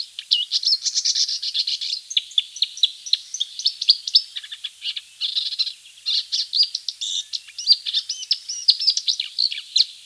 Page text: Marsh Warbler Song. Quick Sounds